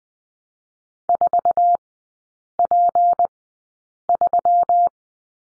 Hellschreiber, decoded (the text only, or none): none